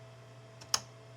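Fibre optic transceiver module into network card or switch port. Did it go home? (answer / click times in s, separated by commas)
yes / 0.7 s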